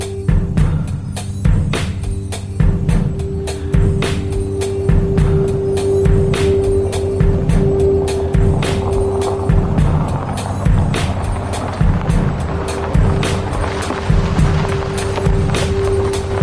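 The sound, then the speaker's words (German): A heavy tank engine rumbles steadily with a low droning tone, coming from the East side at Checkpoint Charlie, while sharp metallic clanks and rattles repeat irregularly throughout, like tracks grinding along. No voices. “Die MPs, die stehen bleiben, ihre Helme festziehen, Panzergeräusch hören, von drüben, vom Osten.”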